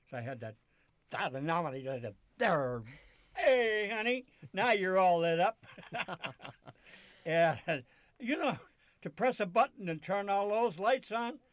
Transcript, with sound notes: So I had that job, "Hey, honey, now you're all lit up." ( they laugh ) Yeah. You know, to press a button and turn all those lights on,